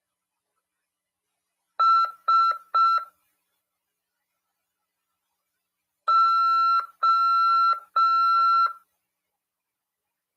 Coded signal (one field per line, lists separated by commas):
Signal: Morse code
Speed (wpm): 5 wpm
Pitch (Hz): 1350 Hz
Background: none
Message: S O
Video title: RADIOAMADOR 14/9/2022 "AULA 5: CW, COM. RODADA e LEGISLAÇÃO" CRASP PY2EXU PAULO SP/SP HAM RADIO.